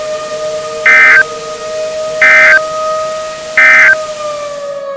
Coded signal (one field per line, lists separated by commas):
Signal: Emergency Alert System (SAME) tones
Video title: EAS Scenario: Climate Calamity